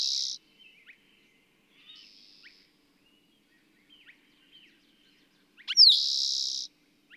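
Bird song: the tail of a buzzy trill, soft scattered chips and a quiet buzz, then a loud trill opening with a sharp slurred note.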